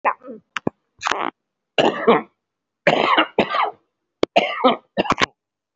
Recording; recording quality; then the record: shallow voluntary cough; excellent, no background noise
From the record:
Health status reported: respiratory illness, not identified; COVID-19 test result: negative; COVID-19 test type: RT-PCR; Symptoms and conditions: cough, cold, breathing difficulty, asthma, chronic lung disease, pneumonia, hypertension, diabetes, ischaemic heart disease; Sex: male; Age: 67 years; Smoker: yes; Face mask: worn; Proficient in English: yes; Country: India